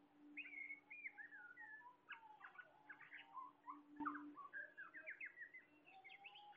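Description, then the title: Bird song of quick whistled phrases, slurred notes rising and falling, tumbling in a dense, varied stream with a steady low hum underneath and a sharp click midway. Bird chirping. "SuaraBurung Kicau"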